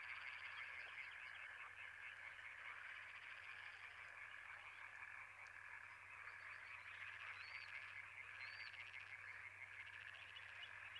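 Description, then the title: European tree frog chorus, a steady dense rattling band of calls running throughout under a low hum, with a few thin rising whistles late on. Several European tree frogs calling intensely at Étang des Marguilliers, Sologne, France, on 21 May 1993, one hour after nightfall. "Choeur de rainettes en Sologne"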